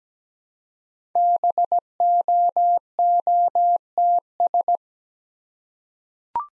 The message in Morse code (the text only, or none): BOOTS